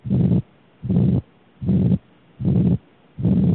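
Five long, low, rough whooshing sounds repeat regularly at about 76 per minute, each filling much of the heartbeat with quiet gaps between, heard by stethoscope over an adult heart. This is the murmur of a ventricular septal defect, blood jetting through a hole in the wall between the heart's pumping chambers.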